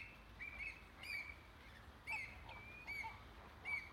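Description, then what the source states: Flamingo calls, short nasal honks spaced out, about one every second, over a quiet background hiss. Captive flamingos recorded in the flamingo enclosure at Bristol Zoo.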